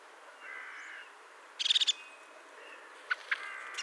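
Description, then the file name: European crested tit call, a short dry purring trill of rapid high notes, with a faint thin whistle earlier and two brief high clicks near the end. "Haubenmeise Ruf"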